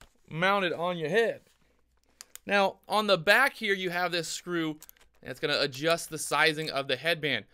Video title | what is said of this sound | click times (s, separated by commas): DJI Racing Edition Goggles | the headband is quite simple just gonna pop it right in there kind of push it and you'll hear it click and then it's ready to be mounted | 2.2 s, 2.4 s